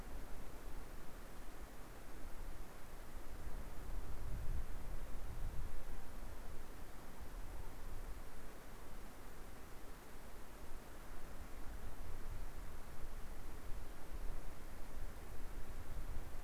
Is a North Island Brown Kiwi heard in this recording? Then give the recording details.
no. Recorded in New Zealand on 2 November 2013. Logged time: 20:59. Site CV71